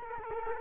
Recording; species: mosquito wingbeat signal from an infrared sensor; Culex quinquefasciatus